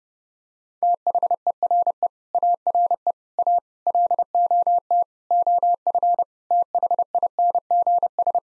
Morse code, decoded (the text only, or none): THERE ARE A LOT OF THINGS